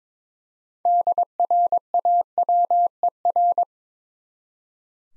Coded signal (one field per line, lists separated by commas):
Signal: Morse code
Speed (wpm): 22 wpm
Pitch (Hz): 700 Hz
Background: none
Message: DRAWER